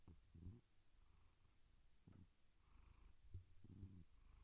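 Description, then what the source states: Domestic cat, a few short low purring bursts against a soft low-pitched hum. Gentle purring.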